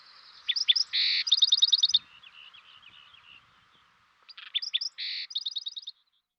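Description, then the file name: Black-throated sparrow song given twice: a few short introductory notes, a buzzy burst, then a rapid high trill, with soft twittering between the two songs. "dan gibsons solitudes black throated sparrow"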